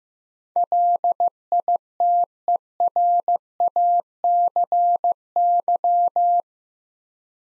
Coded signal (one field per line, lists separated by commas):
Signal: Morse code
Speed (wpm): 15 wpm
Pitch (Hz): 700 Hz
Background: none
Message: LITERACY